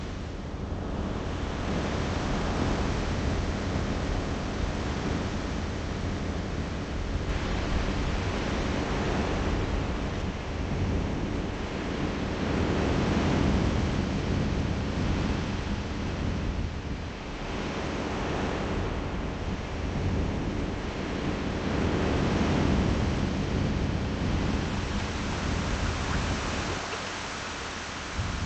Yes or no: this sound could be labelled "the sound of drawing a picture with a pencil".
no